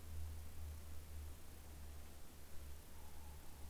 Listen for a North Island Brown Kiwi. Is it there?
no